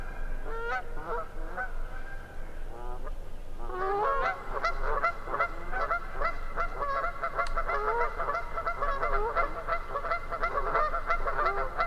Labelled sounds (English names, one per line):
Canada Goose call